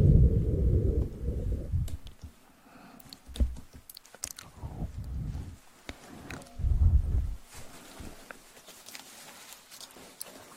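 Eating sounds: soft, moist chewing arrives in low, muffled swells, the heaviest at the start, around 3–4 seconds and near 7 seconds. Between them come sharp crunchy clicks and faint crackles, with quiet gaps where little is heard.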